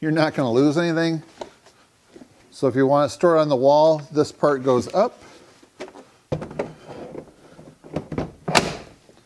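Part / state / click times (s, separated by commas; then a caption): tool charger caddy onto wall mounting plate / seated / 8.6 s. Someone talks as a Milwaukee M18 PACKOUT 6-Bay Rapid Charger, a portable 6-bay battery charger, is lifted, lined up and pushed down onto a wall-mounted plastic plate, with scattered knocks and thuds while it is handled from about 6.6 s. A loud, sharp click at 8.6 s marks the charger locking onto the wall mount plate, and it is seated.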